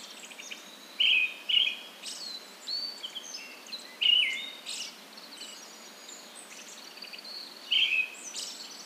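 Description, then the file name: Brown-headed thrush song of short whistled phrases, often in pairs a few seconds apart, with thin high calls of other birds behind. "akahara"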